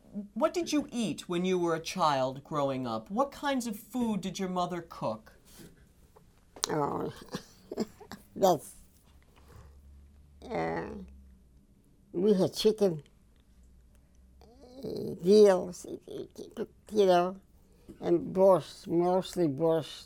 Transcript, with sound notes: what did you eat when you were a child growing up? What kinds of food did your mother cook? ( she laughs )
We had chicken, veal, you know, and borscht, mostly borscht.